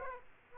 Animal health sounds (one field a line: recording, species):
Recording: mosquito wingbeat signal from an infrared sensor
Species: Aedes aegypti